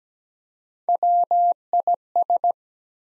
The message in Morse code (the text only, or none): WIS